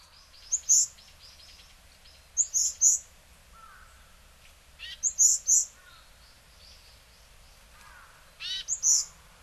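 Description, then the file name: Varied tit calling with high, thin notes in quick clusters of two or three, mixed with softer, lower chirps and faint twittering between the groups. Recorded in Hyogo, Japan, in February 2009. "yamagara 0902 hyogo kaji"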